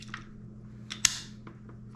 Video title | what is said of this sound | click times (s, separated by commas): ASMAX Z1 BLUETOOTH HEADSET | snaps right in there | 1.1 s